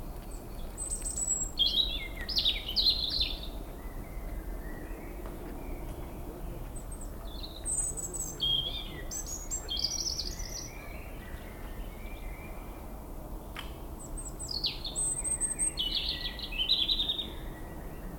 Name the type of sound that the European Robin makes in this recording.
song